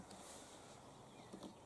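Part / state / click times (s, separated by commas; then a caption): battery lead plug into mating plug of a portable inverter generator / not seated / none. Two plastic battery lead plugs of a HY3200SEI 3200 W portable inverter generator, one barbed male and one holed female, are brought into view and lined up by hand before joining. Only a soft, slowly fading sound near 0.1 s is heard over a low steady hiss. Nothing has seated or clicked yet.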